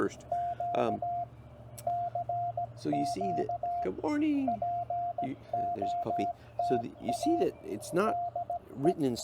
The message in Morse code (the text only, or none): Q CQ POTA DE